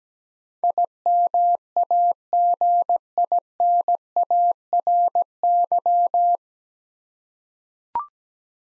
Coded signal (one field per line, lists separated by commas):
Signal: Morse code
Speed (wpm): 17 wpm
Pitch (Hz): 700 Hz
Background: none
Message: IMAGINARY